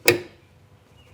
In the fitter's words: you'll see it click into place.